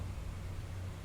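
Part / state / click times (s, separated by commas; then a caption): micro-SD card into drone SD card slot / not seated / none. A micro-SD card is lined up and partly slid into the spring-loaded card slot of a DJI Mini 3 or Mini 3 Pro drone, held back from being pushed all the way in because it would likely fly out across the room. Only a steady hiss with a low hum around 100 Hz is heard, with no sudden sounds. The card has not yet seated or clicked.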